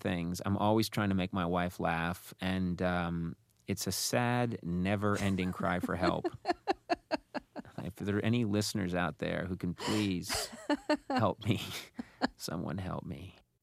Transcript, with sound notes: I'm always trying to make my wife laugh and it's a sad, never-ending cry for help.
(LAUGHTER)
If there are any listeners out there who can please help me. Someone help me.